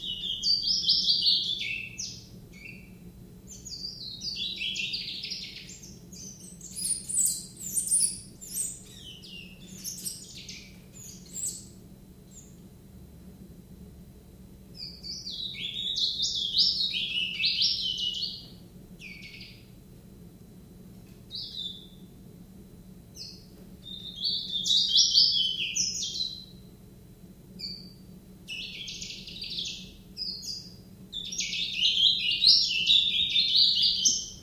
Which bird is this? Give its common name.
Willow Warbler